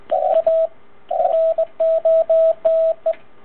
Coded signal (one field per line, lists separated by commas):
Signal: Morse code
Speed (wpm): 20 wpm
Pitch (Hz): 650 Hz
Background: none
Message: A NOTE